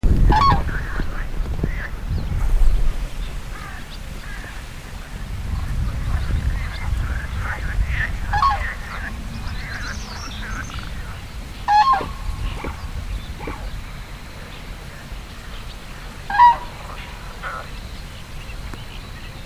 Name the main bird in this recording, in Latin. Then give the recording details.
Grus grus. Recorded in the wild. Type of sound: call. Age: adult. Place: Zarnekow, Peenetal, Mecklenburg-Vorpommern, DE. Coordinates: 53.8756, 12.8906. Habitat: wetland. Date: 2010-06-08 21:35. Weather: fair, 20°C, weak easterly winds. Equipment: Sound Devices 702, Sennheiser MKH 70, Rycote Windschutz. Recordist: Frommolt, Karl-Heinz. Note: Polder Zarnekow-Upost: Rufe eines Tieres im Flug. Tier landet. Entfernung ca. 100 m